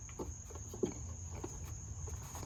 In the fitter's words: until they click all